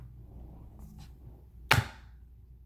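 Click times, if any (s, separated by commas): 1.7 s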